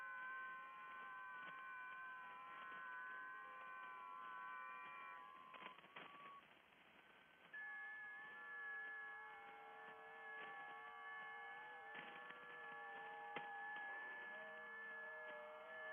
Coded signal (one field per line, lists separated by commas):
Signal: FT8